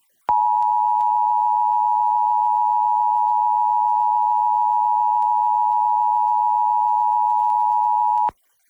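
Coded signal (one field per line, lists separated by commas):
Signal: Emergency Alert System (SAME) tones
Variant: 853 and 960 Hz attention tone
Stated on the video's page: Required monthly tests: KOAC-FM audio recorded from a stereo with a Zoom H1 recorder; KOPB-TV captured from the PBS streaming app via Roku.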